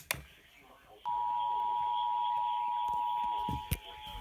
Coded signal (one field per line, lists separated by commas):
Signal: Emergency Alert System (SAME) tones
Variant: 853 and 960 Hz attention tone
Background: speech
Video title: EAS Severe Thunderstorm Warning EAS#116-118